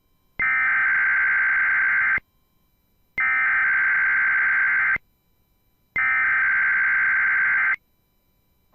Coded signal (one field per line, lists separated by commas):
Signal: Emergency Alert System (SAME) tones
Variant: header bursts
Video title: The Typical NWR Weeklies plus some others. (EAS 452-479)